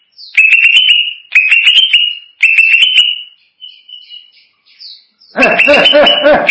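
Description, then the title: Greater green leafbird song: three stuttering phrases ending in rising whistles, then softer trailing notes, and finally a harsh, lower, buzzy burst at the end. "Cucak ijo"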